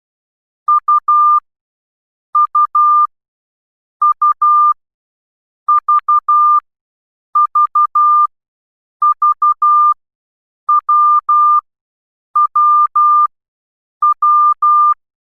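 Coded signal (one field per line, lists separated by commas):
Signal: Morse code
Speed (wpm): 12 wpm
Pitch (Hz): 1200 Hz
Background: none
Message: U U U V V V W W W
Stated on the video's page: Morse code lesson covering letters A-Z and numbers 0-9.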